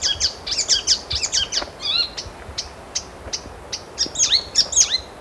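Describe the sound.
Blue-capped ifrit giving rapid high whistled phrases, notes bending down and up, broken by thin sharp ticks, with more slurred whistles returning at the end.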